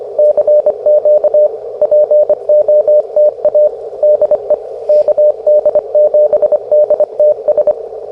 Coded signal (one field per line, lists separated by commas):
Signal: Morse code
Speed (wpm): 25 wpm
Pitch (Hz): 600 Hz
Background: radio noise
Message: CQ POTA DE KD7DTS